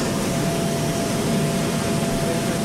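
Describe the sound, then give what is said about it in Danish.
A shrimp-processing conveyor belt carrying lots of shrimp runs with a steady, dense mechanical roar and hiss that never lets up, plus a faint thin hum running underneath. No voices are heard. “Og det er simpelthen good old transportbånd, vi har gang i her. Med masser af rejer.”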